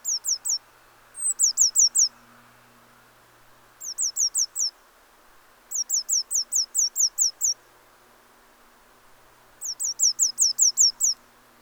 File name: Cyanistes caeruleus